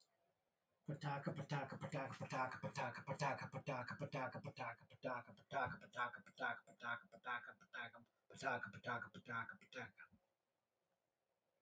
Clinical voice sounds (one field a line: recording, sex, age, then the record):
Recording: repeated syllables /pa ta ka/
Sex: male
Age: 40 to 49 years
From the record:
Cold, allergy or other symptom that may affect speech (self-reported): no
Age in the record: 42 years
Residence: Illinois, United States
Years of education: 13